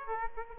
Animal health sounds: mosquito wingbeat signal from an infrared sensor; Aedes aegypti

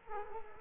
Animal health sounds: mosquito wingbeat signal from an infrared sensor; Culex quinquefasciatus

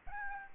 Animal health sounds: mosquito wingbeat signal from an infrared sensor; Aedes albopictus

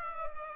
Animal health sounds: mosquito wingbeat signal from an infrared sensor; Culex pipiens

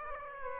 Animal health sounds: mosquito wingbeat signal from an infrared sensor; Aedes aegypti

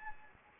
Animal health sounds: mosquito wingbeat signal from an infrared sensor; Anopheles gambiae

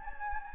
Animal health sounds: mosquito wingbeat signal from an infrared sensor; Anopheles gambiae

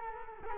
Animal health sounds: mosquito wingbeat signal from an infrared sensor; Culex quinquefasciatus

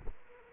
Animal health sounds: mosquito wingbeat signal from an infrared sensor; Culex quinquefasciatus

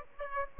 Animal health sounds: mosquito wingbeat signal from an infrared sensor; Aedes aegypti

